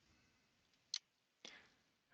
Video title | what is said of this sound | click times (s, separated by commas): Workshop PC Build: From Box to Bootup | And that just goes in with a nice satisfying click. | 0.9 s